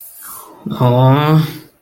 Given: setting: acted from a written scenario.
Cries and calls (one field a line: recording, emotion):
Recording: vocal sound without words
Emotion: disappointment